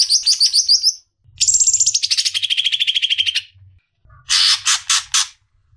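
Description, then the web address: Greater green leafbird song: loud, high, rapid chattering trills in bursts, a long descending run of repeated notes, then harsh clipped notes, with low thumping underneath. "suara burung cucak ijo"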